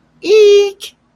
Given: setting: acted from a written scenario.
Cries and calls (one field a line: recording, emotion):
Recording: vocal sound without words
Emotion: embarrassment